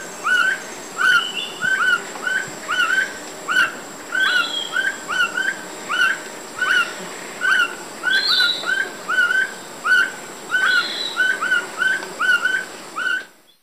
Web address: Natures Songs S America Eastern Lowlands Neoctantes niger, duet